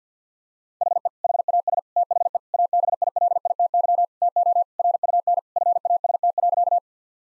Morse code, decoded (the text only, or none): HE HAS THE ABILITY TO RUN FAST.